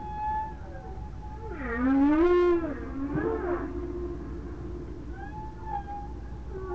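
Whale calls: a faint high whistle, then a swooping moan rising and levelling into a strong harmonic tone, followed by softer wavering whistles.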